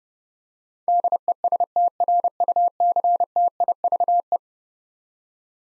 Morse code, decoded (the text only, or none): DESTRUCTIVE